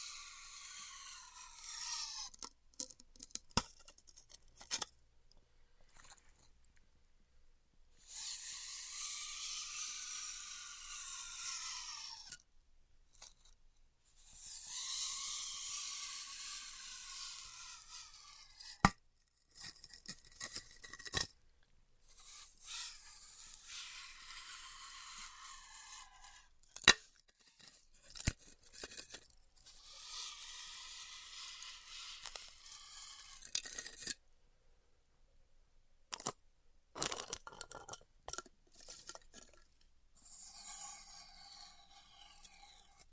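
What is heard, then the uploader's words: Styrofoam is cut with a hot wire in hissing, sizzling passes of a few seconds each, separated by quiet gaps. The hiss is bright and airy with a faint squeaky tone riding on it. Sharp clicks and knocks pop up between cuts, clustering near the end. ASMR Styrofoam Heat Cutting (No Talking).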